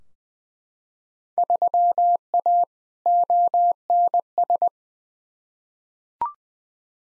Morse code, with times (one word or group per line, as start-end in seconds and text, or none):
1.4-2.6 3A
3.1-4.7 ONS